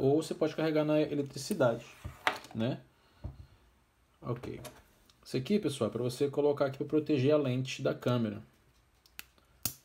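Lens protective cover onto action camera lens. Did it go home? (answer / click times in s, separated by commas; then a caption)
yes / 9.6 s. Someone talks while a protective lens cover is pressed onto the lens of a Hawkeye Firefly Q6 action camera. A few faint ticks follow near the end, then a sharp snap at 9.7 s as the cover seats and the lens is protected.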